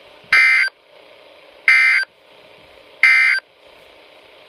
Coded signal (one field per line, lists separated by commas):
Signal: Emergency Alert System (SAME) tones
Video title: (DOUBLE HEADER) Severe T-Storm Watch #499 and Severe T-Storm Warning! (10/20/16) (EAS #92-93)